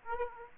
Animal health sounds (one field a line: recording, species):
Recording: mosquito wingbeat signal from an infrared sensor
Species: Aedes aegypti